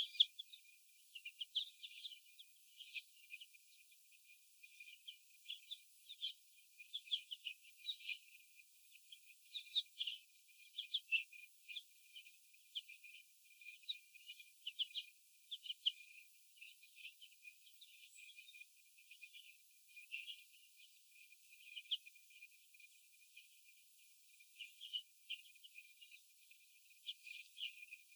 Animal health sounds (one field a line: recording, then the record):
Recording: young laying hens in a cage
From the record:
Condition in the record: before the stressor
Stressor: sudden umbrella opening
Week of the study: 2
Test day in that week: 1